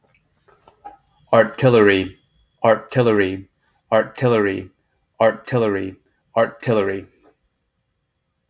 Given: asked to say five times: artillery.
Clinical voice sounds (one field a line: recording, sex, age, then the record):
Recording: repeated word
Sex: male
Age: 30 to 39 years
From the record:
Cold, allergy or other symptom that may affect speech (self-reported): no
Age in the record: 36 years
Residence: United States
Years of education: 14